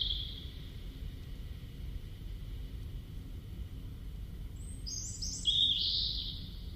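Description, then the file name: European robin song: a faint high note at the start, then near the end a cluster of high, thin whistles at several pitches, over low rumble. "Erithacus rubecula"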